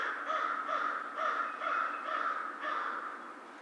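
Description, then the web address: American crow cawing repeatedly, about six coarse, slightly drawn-out caws following one another at an even pace, with a soft steady hum underneath. Recorded 2 March 2010. "Crow 2010 03 02 American Crow"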